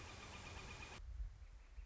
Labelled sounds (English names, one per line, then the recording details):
Northern Flicker
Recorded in Sonoma County, California